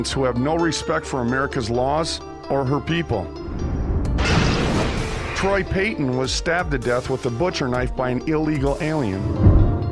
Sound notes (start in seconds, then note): 3.2 dramatic music; 4.1 lightning striking